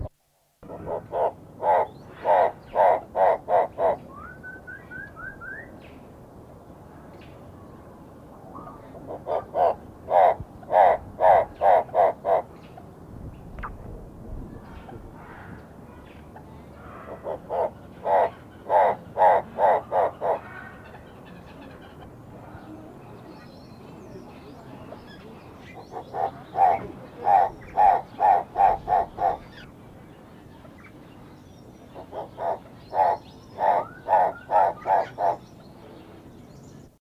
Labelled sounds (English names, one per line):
Hartlaub's Turaco call